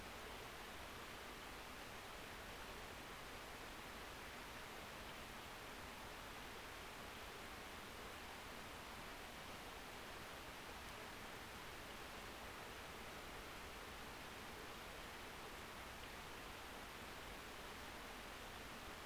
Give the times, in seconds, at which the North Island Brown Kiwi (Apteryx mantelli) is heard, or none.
none